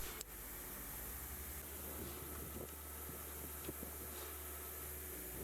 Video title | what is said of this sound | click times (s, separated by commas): MV Mitsubishi Triton Provent Catch Can and Donaldson Diesel Pre - Filter Installation | the other end of Hose 2 is pushed on to the factory filter make sure you hear it click | 0.2 s